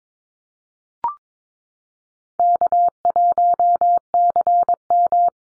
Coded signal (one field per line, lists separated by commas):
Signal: Morse code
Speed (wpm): 22 wpm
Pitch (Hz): 700 Hz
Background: none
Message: K1CM